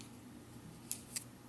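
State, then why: Not seated. A small folding can opener from a ready-to-eat meal kit is handled while being pushed back into its little plastic cover. A low steady hum is broken by two brief, bright plastic ticks near 0.9 s and 1.2 s. Nothing has seated or clicked home yet.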